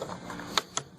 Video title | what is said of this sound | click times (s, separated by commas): 1988 Buick Skyhawk Wiper Motor Install | You could hear it kind of click in. | 0.6 s, 0.8 s